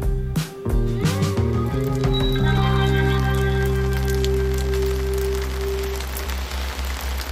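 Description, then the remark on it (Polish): Steady rain falls in a continuous hiss, layered with sustained low tonal hums and a few brief higher ringing notes that fade out midway, with no voices. “Deszcz pada. Deszcz pada. Drzewa chwieją się za oknem.”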